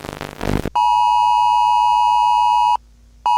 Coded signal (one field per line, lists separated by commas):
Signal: Emergency Alert System (SAME) tones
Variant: 853 and 960 Hz attention tone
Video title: EAS Scenario - Collision Course